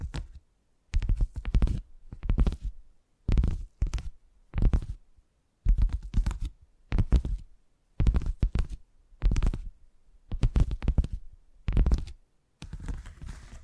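Tingly tapping sounds come in short bursts of quick, soft taps, each lasting about half a second with brief silences between, roughly every second. The taps are mostly low and thumpy with a light crisp edge, and a faint hiss lingers near the end.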